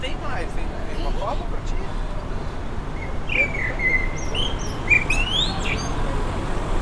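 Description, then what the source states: Blackbird song: mellow fluting whistled phrases in the second half, ending in higher squeaky twitters, over steady low rumbling background noise. Recorded 29 May 2020.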